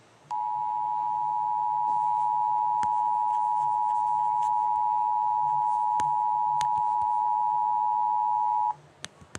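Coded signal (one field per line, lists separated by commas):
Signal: Emergency Alert System (SAME) tones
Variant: 853 and 960 Hz attention tone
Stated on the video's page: Fictional Emergency Alert System scenario alert about a magpie attack.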